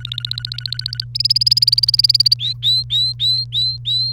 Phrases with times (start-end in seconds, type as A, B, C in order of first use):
0.00-1.04 A, 1.15-2.34 B, 2.39-4.13 C